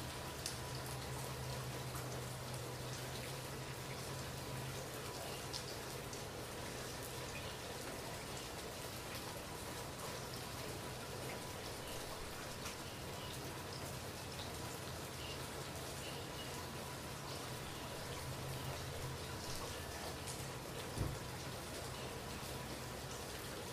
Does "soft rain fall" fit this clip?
yes